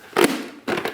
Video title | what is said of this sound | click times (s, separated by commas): HJC RPHA 11 Review - 15000+ Miles on my Head | the bench hold on maybe this one will show you better so then you just you literally just push push them in they snap into place | 0.2 s, 0.8 s